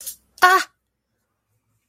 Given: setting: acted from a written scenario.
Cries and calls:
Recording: vocal sound without words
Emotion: pain

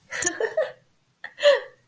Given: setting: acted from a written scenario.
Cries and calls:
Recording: vocal sound without words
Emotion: pride

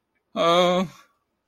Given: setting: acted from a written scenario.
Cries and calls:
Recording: vocal sound without words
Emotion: distress

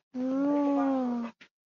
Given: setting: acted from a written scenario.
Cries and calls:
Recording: vocal sound without words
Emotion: negative surprise

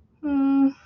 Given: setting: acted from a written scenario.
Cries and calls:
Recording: vocal sound without words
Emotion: disappointment

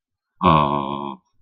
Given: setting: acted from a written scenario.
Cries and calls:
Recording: vocal sound without words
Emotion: adoration

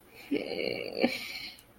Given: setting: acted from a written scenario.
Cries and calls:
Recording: vocal sound without words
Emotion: sadness

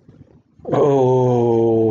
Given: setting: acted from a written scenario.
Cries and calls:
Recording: vocal sound without words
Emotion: desire

